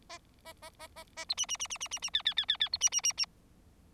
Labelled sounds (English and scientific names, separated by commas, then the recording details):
Bengalese Finch (Lonchura striata domestica) song
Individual Bird4